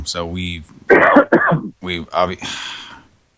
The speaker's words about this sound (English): I can hear somebody clearing their throat. Is there somebody on the line here with me?